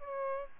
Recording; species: mosquito wingbeat signal from an infrared sensor; Aedes albopictus